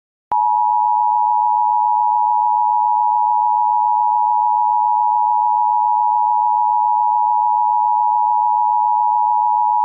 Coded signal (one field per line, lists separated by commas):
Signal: Emergency Alert System (SAME) tones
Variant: 853 and 960 Hz attention tone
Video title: EAS simulacion - muchos condados